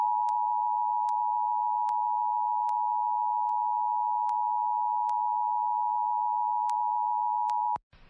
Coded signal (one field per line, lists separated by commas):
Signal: Emergency Alert System (SAME) tones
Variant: 853 and 960 Hz attention tone